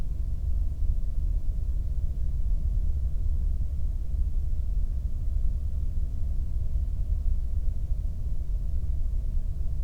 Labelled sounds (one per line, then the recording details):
near silence
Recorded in the Prudhoe Bay oil fields, Alaska, on 22 May 2019 at 01:08
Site 19